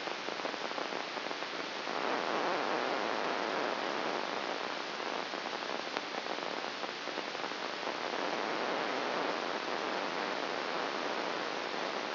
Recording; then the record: brain microelectrode recording played as sound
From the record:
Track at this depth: inside the subthalamic nucleus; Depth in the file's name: 2.804 mm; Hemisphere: right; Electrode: 2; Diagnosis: Parkinson's disease